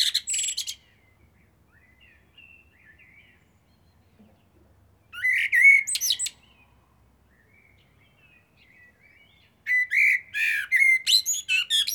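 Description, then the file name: Eurasian blackbird song in spaced bursts: fluted whistles mixed with high squeaky twitters, and soft whistles in the pauses. "Turdus merula"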